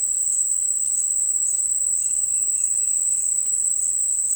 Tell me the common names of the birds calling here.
none